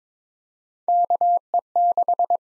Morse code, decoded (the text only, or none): KE6